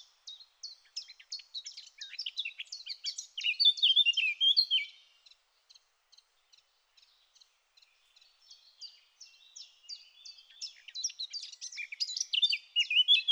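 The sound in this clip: Eurasian blackcap song: fast chattering twitters build into a bright warbled burst, a pause of spaced soft chirps, then another loudening warble at the end.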